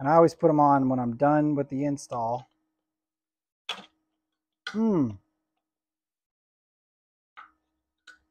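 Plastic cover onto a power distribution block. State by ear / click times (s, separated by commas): seated / 8.1 s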